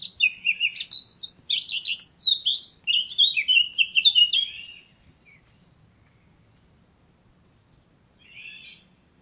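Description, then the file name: Eurasian blackcap song, a rapid, varied warble of chattering and fluting notes for about five seconds, then a short separate phrase after a pause. "Sylvia atricapilla"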